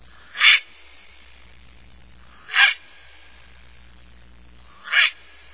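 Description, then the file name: Heron calls: three harsh, hoarse squawks, each short and croaking, spaced about two seconds apart over quiet background. "gb heron"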